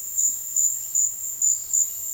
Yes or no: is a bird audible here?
no